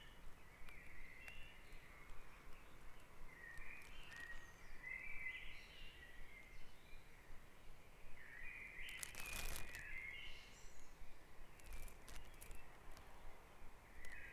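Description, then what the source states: Dawn birdsong: scattered whistled and warbling phrases from several birds, a brief loud crackle midway, and a low background rumble. Dawn chorus recorded at Back Dragon Avenue, Harrogate; part of the Sound Map of Harrogate.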